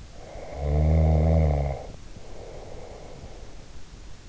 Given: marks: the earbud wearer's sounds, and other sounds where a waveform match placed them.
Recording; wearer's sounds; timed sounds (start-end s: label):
sounds in sleep by an in-ear microphone; snoring breath
0.17-3.74 s: snoring breath